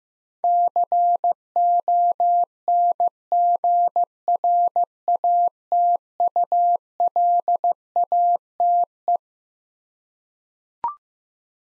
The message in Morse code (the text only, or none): CONGRATULATE